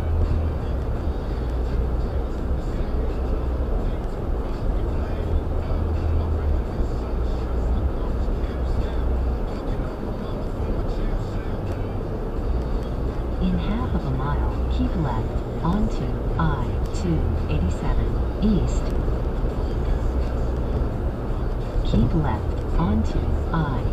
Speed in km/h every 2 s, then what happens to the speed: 109, 109, 109, 109, 108, 109, 108, 108, 108, 109, 109, 109.
0-24 steady at about 109.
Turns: none.